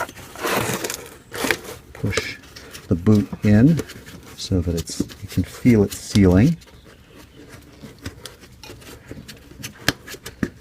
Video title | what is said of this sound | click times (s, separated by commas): BMW 528i Headlamp wobbly/bouncing headlights / adjuster replacement | Yep, I heard a little snap. So it has sealed in place. | 9.9 s